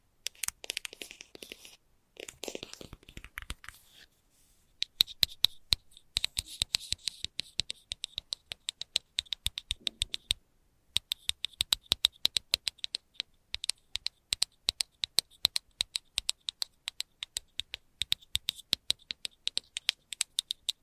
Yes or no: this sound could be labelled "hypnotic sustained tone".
no